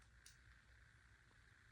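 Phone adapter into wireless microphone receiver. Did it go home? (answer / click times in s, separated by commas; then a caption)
no / none. A small plastic phone adapter is being slid into a DJI Mic wireless microphone receiver, following the arrow marking. There is a brief handling tap at about 0.26 s over a steady background hum, and the adapter has not seated or clicked into place yet.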